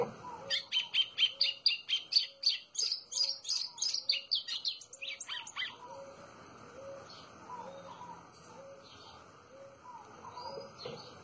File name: canto do golinho